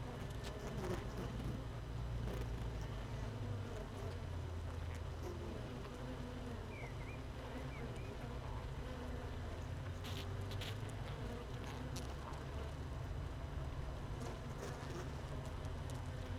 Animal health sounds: honeybee colony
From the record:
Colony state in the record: missing queen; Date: 31 May 2018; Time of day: 16:51

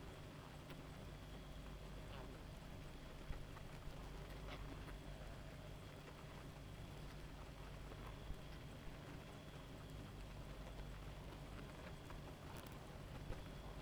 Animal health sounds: honeybee colony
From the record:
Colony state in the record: active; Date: 28 July 2017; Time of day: 1:35

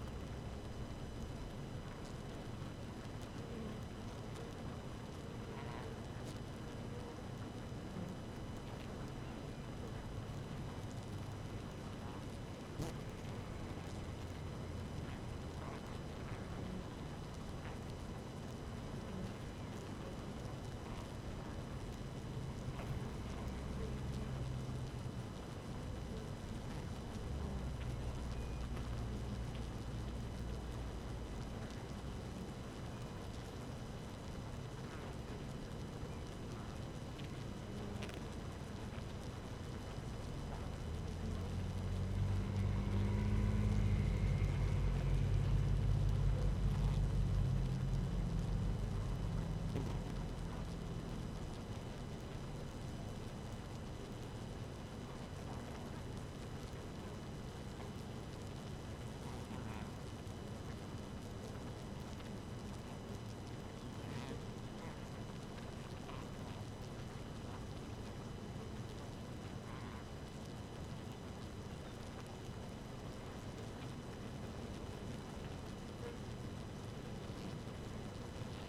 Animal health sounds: honeybee colony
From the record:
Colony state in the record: active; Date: 12 June 2018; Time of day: 5:06

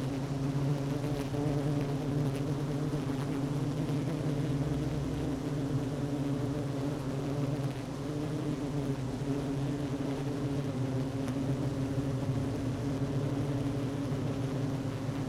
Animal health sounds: honeybee colony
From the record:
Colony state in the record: active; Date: 12 June 2018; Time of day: 10:13

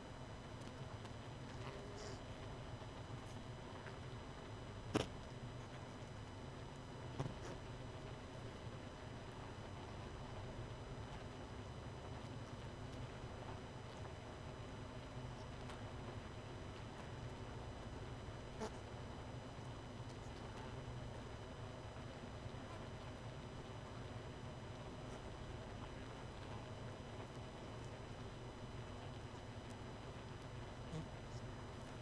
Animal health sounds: honeybee colony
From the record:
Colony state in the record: missing queen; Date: 31 May 2018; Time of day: 23:21

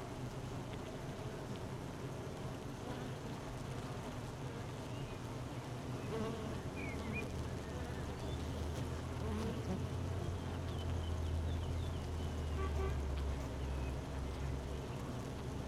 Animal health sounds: honeybee colony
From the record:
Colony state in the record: missing queen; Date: 31 May 2018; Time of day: 12:04

